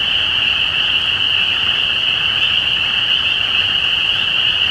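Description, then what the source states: Spring peepers in full chorus, a loud unbroken high-pitched ringing made of countless overlapping peeps. Recorded at Easter 2017.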